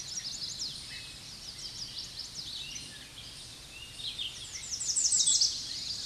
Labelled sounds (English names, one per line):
American Redstart song